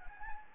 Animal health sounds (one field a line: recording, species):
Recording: mosquito wingbeat signal from an infrared sensor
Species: Anopheles gambiae